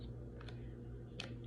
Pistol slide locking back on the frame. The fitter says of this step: it should feel a little click